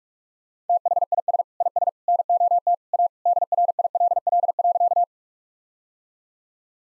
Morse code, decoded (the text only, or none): THIS IS NOT A DRILL.